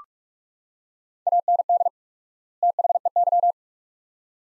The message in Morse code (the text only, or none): AND THEY